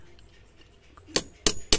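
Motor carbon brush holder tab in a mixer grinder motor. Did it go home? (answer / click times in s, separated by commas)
yes / 1.2 s, 1.5 s, 1.7 s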